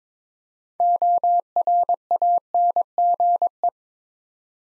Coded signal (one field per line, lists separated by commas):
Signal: Morse code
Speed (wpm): 21 wpm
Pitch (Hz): 700 Hz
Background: none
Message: ORANGE